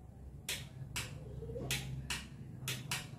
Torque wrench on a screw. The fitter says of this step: nagki-click siya ibig sabihin yun na yung 5 new meer